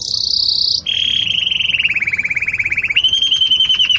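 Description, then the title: Belgian canary song made of rolling trills: a high steady trill drops to a lower, rapidly pulsed roll, then shifts up to a brighter trill. Belgian canary singing in the campainha (bell) song style, recorded for tutoring young chicks. "Belíssimo Canto Do Canário Belga Campainha Para Encarte De Filhotes"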